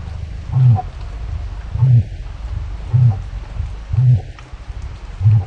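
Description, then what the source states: Cassowary rumbling call, deep, very low booms repeated roughly every second, each a short, heavy pulse. Recorded in Papua New Guinea; low rumble said to vibrate coffee cups and make your chest rumble.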